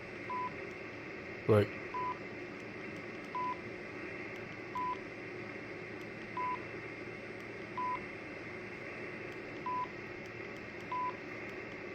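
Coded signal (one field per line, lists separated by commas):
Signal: none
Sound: radio firmware key beeps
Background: speech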